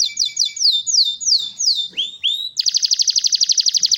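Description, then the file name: Belgian canary song: rapid downward-sweeping whistles, two upward slurs, then a fast, even, buzzy trill repeated many times a second. Song of a copper-coloured Belgian canary. "canto do canario belga cobre"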